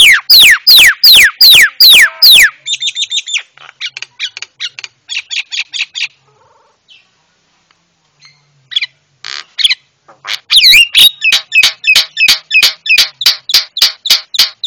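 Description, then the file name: Javan myna song opening with fast repeated falling whistles, then softer ticking notes, a near-silent pause, and a long run of loud rhythmic notes. Used to train cage birds; myna described as white-eyed (mata putih). "masteran jalak kebo mata putih"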